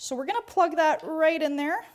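A remote interlock plug is being handled at its slot on a laser power pack, right underneath the slot for the keys, while someone talks throughout. The plug has not seated or clicked into place yet.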